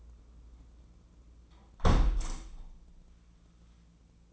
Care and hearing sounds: daily activity, microphone in the room; close window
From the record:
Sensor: 1

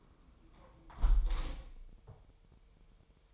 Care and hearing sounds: daily activity, microphone in the room; close window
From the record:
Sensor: 1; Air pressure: 999.8 hPa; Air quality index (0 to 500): 236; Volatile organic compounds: 104 ppm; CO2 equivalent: 3780 ppm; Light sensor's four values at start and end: 11/27/10/11 and 10/25/10/11

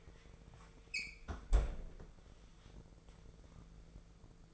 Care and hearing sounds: daily activity, microphone in the room; close fridge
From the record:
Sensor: 5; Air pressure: 1015.0 hPa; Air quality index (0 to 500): 182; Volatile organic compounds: 7 ppm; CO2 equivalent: 2005 ppm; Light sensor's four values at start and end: 49/114/47/49 and 46/105/44/46

